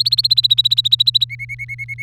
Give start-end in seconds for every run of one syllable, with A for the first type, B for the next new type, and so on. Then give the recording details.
0.00-1.25 A, 1.29-2.03 B. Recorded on 3 May 2018 at 16:48. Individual llb3